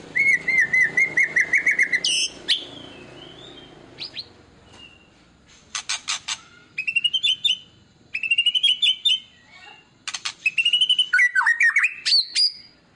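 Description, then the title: White-rumped shama song of wavering whistles, sharp clicks and high thin notes in separated bursts. Lure recording meant to make other white-rumped shamas respond; described as gacor, a lively, frequently singing bird. "PANCINGAN MEWAH MURAI BATU GACOR, SEKALI DENGAR AMPUH LANGSUNG RESPON"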